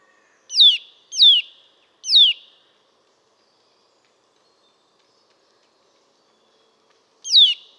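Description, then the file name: Eurasian nuthatch giving three quick downward-sweeping piping calls, then a long silence before a single final call. "Sitta europaea"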